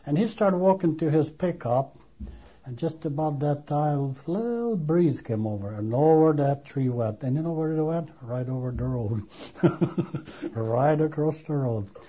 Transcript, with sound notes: And he start walking to his pickup, and just about that time a little breeze came over and over that tree went. And you know where it went? Right over the road. (he laughs) Right across the road.